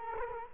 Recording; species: mosquito wingbeat signal from an infrared sensor; Culex quinquefasciatus